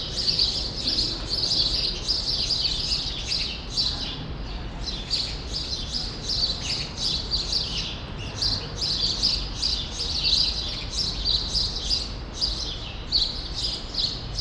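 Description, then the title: Sparrows in a lively chattering flock, quick high chirps pouring out almost nonstop, with a soft low drone behind them. Sparrows in a small remaining part of a once large grove, Rue Saint-Jean Népomucène, Brussels, Belgium; recorded with an AB stereo microphone pair into a field recorder. "Rue Saint-Jean Népomucène 13, 1000 Bruxelles, Belgique - Sparrows - Moineaux"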